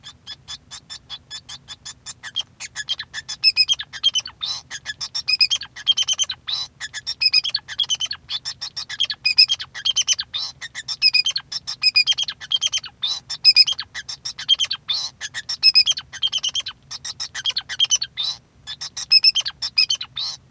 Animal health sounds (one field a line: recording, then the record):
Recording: song of a male Bengalese finch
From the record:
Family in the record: son of father 2